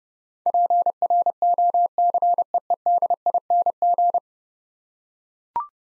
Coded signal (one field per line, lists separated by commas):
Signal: Morse code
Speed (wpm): 30 wpm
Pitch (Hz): 700 Hz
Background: none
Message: PROCEEDING